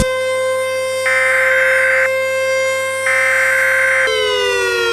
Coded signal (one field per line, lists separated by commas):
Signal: Emergency Alert System (SAME) tones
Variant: header bursts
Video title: (EAS Scenario) Blaiseing Entrapment